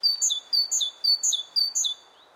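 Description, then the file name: Great tit giving bright, high phrases, each ending on a lower note, repeated rapidly four times in a steady rhythm over soft background hum. "Great Tit, Kohlmeise"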